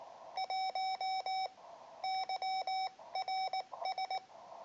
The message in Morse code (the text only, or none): 1 YRS